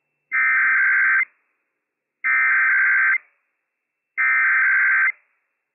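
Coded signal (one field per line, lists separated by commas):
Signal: Emergency Alert System (SAME) tones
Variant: header bursts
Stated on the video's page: Required Weekly Test from the Washington State EOC for all of Washington, carried on NOAA Weather Radio; operational tones.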